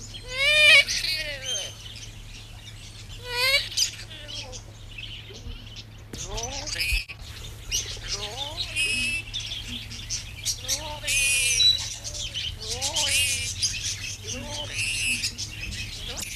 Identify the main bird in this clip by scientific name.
Lorius lory